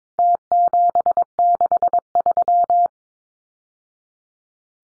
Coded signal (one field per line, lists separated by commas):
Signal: Morse code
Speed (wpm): 22 wpm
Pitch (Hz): 700 Hz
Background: none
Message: T763